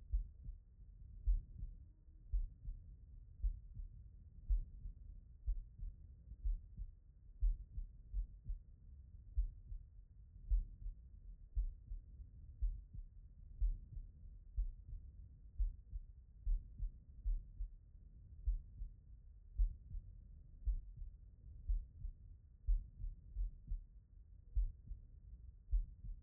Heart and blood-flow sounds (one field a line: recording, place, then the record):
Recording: heart sounds by stethoscope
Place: aortic valve (AV)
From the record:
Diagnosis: non-HFrEF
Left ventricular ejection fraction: 48%